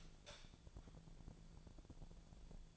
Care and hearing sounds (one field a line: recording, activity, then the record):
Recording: daily activity, microphone in the room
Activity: light on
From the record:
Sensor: 5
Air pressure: 1000.2 hPa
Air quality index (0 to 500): 103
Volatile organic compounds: 1 ppm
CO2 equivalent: 833 ppm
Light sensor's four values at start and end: 265/628/270/300 and 265/631/271/301